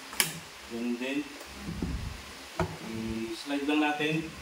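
An HNJ motorcycle top box is handled onto its JCOM bracket base plate on a Honda TMX Supremo 150 while someone talks, with sharp knocks at about 0.2 s and 2.6 s. The top box has not seated or clicked onto the base plate yet.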